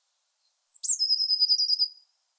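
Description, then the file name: Eurasian blue tit song: a thin high note sliding down, then a quick even trill of several notes, all very high-pitched, in otherwise quiet surroundings. "Cyanistes caeruleus"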